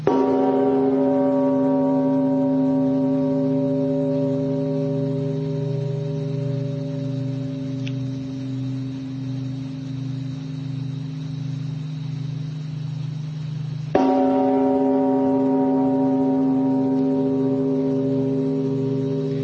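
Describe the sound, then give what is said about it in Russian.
A huge 13-ton monastery bell on Mount Athos, Greece, the largest bell there and in all of Greece, tolls twice, each deep, booming strike followed by a long, humming, slowly fading resonance rich with overtones. The second stroke comes about fourteen seconds after the first. “Ударил 13-тонный наш колокол, который самый большой на Афоне и вообще в Греции.”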